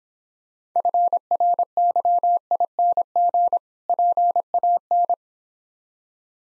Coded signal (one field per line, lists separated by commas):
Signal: Morse code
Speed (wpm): 25 wpm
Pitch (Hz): 700 Hz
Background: none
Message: FRYING PAN